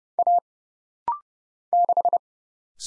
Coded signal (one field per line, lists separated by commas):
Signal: Morse code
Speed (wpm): 30 wpm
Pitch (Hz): 700 Hz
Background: none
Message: A 6